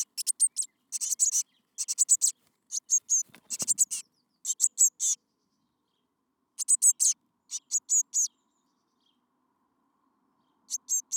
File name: Cyanistes caeruleus